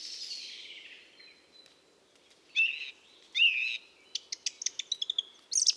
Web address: Mistle